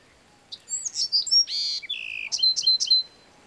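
Bewick's wren song with sweet high slurs and buzzy notes, a lower whistled note, then three sharp downslurred notes closing the phrase.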